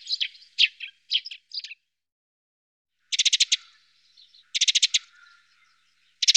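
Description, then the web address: Eurasian tree sparrow with a few quick chirps, then dry, buzzy rattling bursts of rapid notes separated by short pauses. "IVN Zangvogels -Ringmus"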